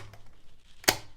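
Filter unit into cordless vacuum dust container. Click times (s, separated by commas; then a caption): 0.9 s. A plastic filter unit is pushed back into the dust container of a BOSCH Readyy Serie 2 14.4V cordless vacuum. After quiet low handling sounds, it snaps home with a sharp, loud click at 0.9 s, and the filter is seated.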